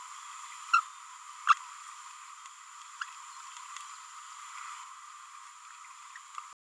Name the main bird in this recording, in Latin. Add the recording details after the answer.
Forpus passerinus. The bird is a male. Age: 24 days. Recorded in a nest box in Venezuela. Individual 17B31A1